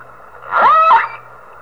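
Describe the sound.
Whale call: a single tonal cry that sweeps upward, holds a steady pitch briefly, then drops away, with rich harmonics over a faint hum.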